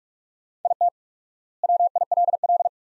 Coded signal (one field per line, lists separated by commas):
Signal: Morse code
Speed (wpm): 42 wpm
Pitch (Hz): 700 Hz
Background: none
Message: IT WILL